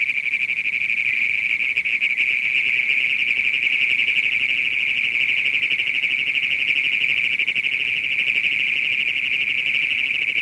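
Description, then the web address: Great Plains toad giving a long, unbroken, high mechanical trill, rapidly pulsed and level in pitch throughout, with no pauses. "Frog Calls Bufo cognatus - Great Plains Toad"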